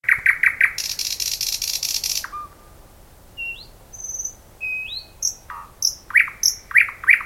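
Thrush nightingale song: quick repeated notes, a long harsh rattle, a pause with soft rising whistles, then several loud repeated notes.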